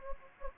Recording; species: mosquito wingbeat signal from an infrared sensor; Anopheles gambiae